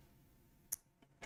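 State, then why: Seated. A plastic grabber piece is pressed onto a brick model and clicks into place at 0.7 s with one sharp, bright snap. Two fainter ticks follow near 1.0 s and 1.2 s, and the piece is seated.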